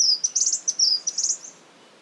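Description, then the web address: Spotted scrubwren giving a quick run of very high, thin chirps and short slurred notes that stop after about a second and a half. "sound spotted-scrubwren. صدای-پرنده-خسنشین-خالدار"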